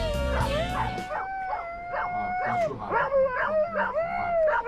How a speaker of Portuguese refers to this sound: Tudo essa cachorrada toda aí